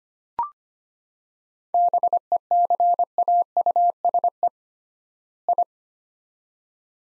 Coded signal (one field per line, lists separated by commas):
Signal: Morse code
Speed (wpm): 25 wpm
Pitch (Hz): 700 Hz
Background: none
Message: BECAUSE I